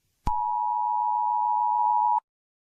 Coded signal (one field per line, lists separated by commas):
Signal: Emergency Alert System (SAME) tones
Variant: 853 and 960 Hz attention tone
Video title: cook islands eas alarm 1965